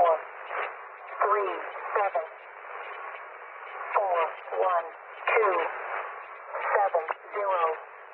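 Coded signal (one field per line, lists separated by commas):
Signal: numbers station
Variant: E05 Cynthia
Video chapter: 2:34 - Agent ID 351 018808z March 2002 Count 80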